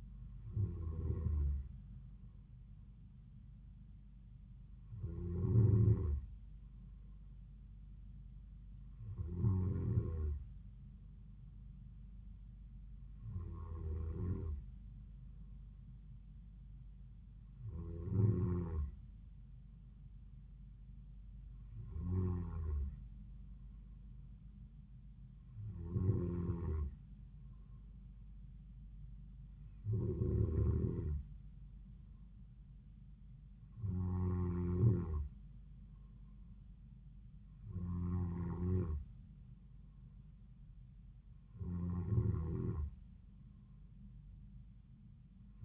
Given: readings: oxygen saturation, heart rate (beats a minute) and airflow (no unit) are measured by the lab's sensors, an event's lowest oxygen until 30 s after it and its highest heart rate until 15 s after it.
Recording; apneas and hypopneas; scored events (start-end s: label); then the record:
breathing in sleep by a smartphone at the bedside; none
none scored
From the record:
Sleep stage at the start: N2 (light sleep); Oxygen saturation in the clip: 93 to 94%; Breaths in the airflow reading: 11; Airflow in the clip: -3.8 to 3.3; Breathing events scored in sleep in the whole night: 270 in 6.1 hours asleep